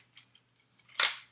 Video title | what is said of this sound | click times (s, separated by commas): Green Screen and Lighting kit setup Tutorial | will have to go into the finale and they snaps in place now | 1.0 s